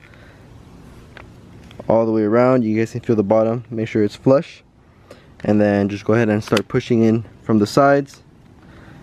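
A carbon fiber trim cover is set into an M5's steering wheel from the bottom and lined up all the way around before being pushed home. Someone talks over a quiet background, with a few faint ticks in the first two seconds. Nothing has seated or clicked yet.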